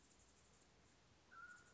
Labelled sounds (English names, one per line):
Mountain Quail